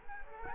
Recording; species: mosquito wingbeat signal from an infrared sensor; Culex quinquefasciatus